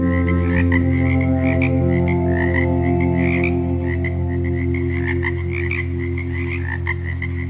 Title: Frogs and Meditation Tones for Easy Relaxing |Quick Relaxation Ep4